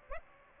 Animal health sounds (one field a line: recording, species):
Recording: mosquito wingbeat signal from an infrared sensor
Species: Aedes aegypti